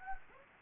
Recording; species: mosquito wingbeat signal from an infrared sensor; Anopheles gambiae